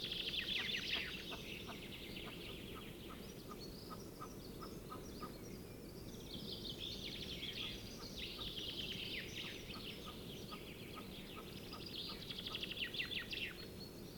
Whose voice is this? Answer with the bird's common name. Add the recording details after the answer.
Western Capercaillie. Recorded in the wild. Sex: female. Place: Racu, Transilvania, RO. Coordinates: 46.452, 25.759. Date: 1973-04-22. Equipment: Nagra III BH, Sennheiser MD 21, parabola. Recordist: Schubert, Michael